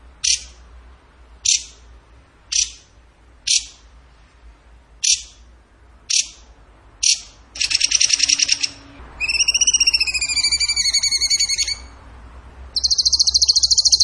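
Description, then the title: Bird song: sharp single chips about once a second, then a buzzy trill, layered wavering whistled notes, and a final high rapid trill. Training song (masteran) in the tembakan gacor style. "Masteran Burung Tembakan Gacor"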